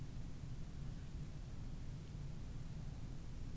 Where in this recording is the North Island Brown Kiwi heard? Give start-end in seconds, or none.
none